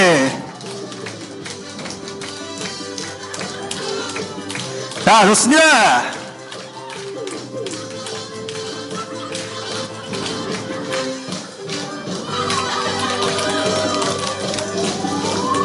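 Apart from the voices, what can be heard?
audience clapping hands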